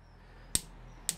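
A Wera Click Torque C3 adjustable torque wrench with a 1/2 inch drive is pulled until it reaches its set torque and breaks over. Two sharp, bright clicks ring out at 0.6 s and 1.1 s against a quiet background, confirming the wrench clicked at its setting.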